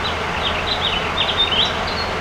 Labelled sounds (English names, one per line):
House Finch song